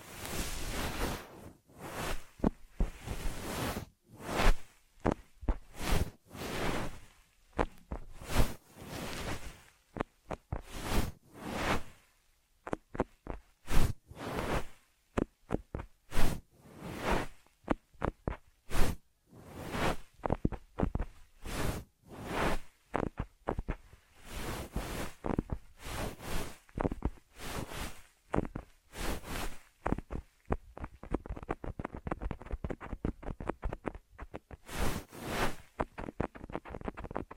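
Ear massage triggers: rapid, irregular rubbing and brushing strokes with short bursts of crisp rustle, dense throughout, softening slightly near the end.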